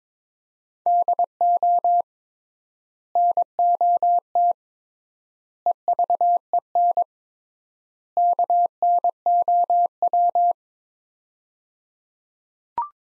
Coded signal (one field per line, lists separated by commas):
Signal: Morse code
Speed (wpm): 22 wpm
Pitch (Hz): 700 Hz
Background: none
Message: DO NOT EVEN KNOW